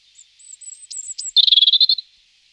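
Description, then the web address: European robin song: thin high whistled notes, then a rapid, loud buzzy trill of repeated notes lasting about half a second. Song, recorded in 2004. "singvoegel. gesang. roche 2004 rotkehlchen"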